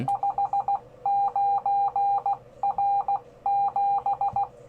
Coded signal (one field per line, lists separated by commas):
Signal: Morse code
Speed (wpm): 16 wpm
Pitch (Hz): 800 Hz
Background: none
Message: 59R7